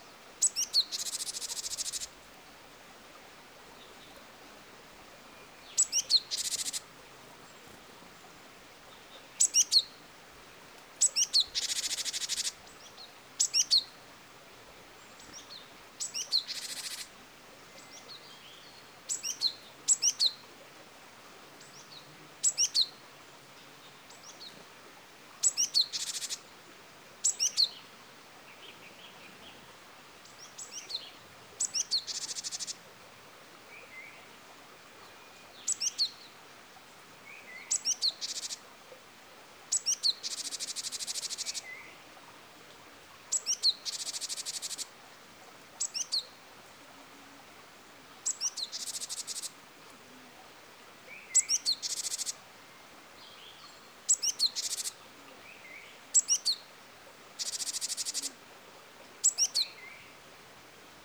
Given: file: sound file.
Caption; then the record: Alarm calls of Henan-tits in response to dove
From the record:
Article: Geographic Variation in Note Types of Alarm Calls in Japanese Tits (Parus minor)